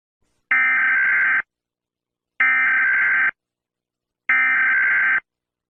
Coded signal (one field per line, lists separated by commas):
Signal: Emergency Alert System (SAME) tones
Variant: header bursts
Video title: 🌈🎨 | Bob Velseb: EAS scenerio #1